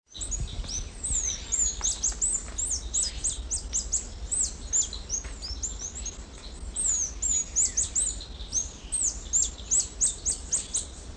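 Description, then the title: White-chinned Sapphire calls: dense, high-pitched twittering chips, some downslurred, pouring out without pause throughout, with faint low rumbling noise beneath. Subspecies griseiventris, inferred from the recording location. "LuckyPassaro Completos2Sama. White-chinned Sapphire (Hylocharis cyanus griseiventris (ssp assumed from location))"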